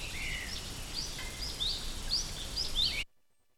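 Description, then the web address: Austral thrush singing short, high, rising whistled notes repeated about twice a second over a steady background hiss, then abrupt silence in the final half second. Patagonia. "Zorzal Patagonico. sonidos de la patagonia"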